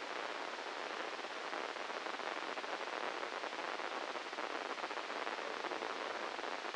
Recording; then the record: brain microelectrode recording played as sound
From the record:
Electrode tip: inside the subthalamic nucleus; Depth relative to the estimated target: -5 mm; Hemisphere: left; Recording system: NeuroSet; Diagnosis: Parkinson's disease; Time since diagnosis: 10 years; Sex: male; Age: 56 years